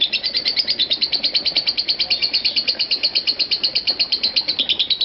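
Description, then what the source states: Lovebird giving a rapid, steady stream of shrill chirps, continuous throughout with faint background hiss. Lovebird "konslet" (short-circuit) style calling.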